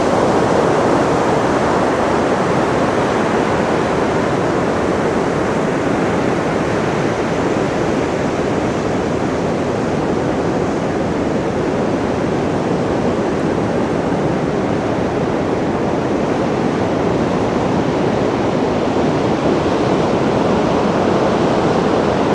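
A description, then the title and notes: Surf pounds the shore in a continuous, dense roar with no breaks or quiet gaps across the whole stretch. The sound is full, weighted toward a deep rumbling middle with a hissing wash on top, holding steady throughout. Field Recording: The Sounds of the Crashing Surf at Cannon Beach, Oregon. The thunderous sound of waves crashing onto the shore at Cannon Beach, Oregon.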